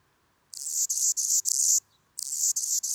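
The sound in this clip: Hummingbird producing short, very high-pitched buzzy bursts, about four in quick succession, a brief pause, then three more.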